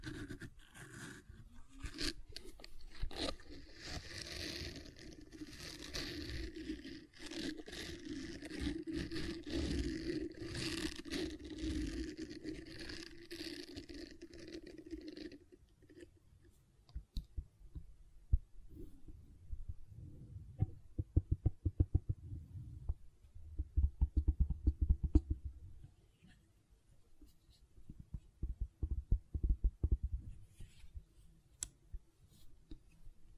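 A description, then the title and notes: Gentle silicone sounds: a dense, steady rubbing hiss for fifteen seconds, then sparse soft clicks, taps and low squishy presses with quiet gaps. ASMR Gentle Silicon Sounds for Sleep (No Talking).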